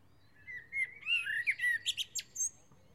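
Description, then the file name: Common blackbird: a flowing run of low, fluted warbling notes that ends in a quick series of thin, high, chattering squeaks. "Turdus merula"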